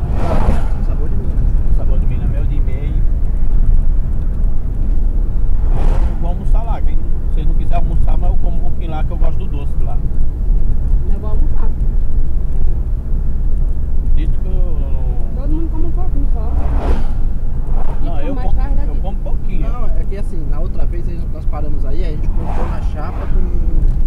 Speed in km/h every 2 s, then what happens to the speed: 67, 65, 63, 60, 58, 58, 57, 57, 56, 53, 51, 53.
0-19 slows to 51.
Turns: none.